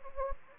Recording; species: mosquito wingbeat signal from an infrared sensor; Anopheles gambiae